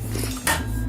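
The tightening knob on a CycleOps PowerBeam Pro indoor bike trainer is turned to press the resistance unit against the rear wheel, which needs no strong hands. Over a low steady hum, one sharp metallic hit sounds at 0.5 s as the knob clicks into place, seating the unit against the wheel.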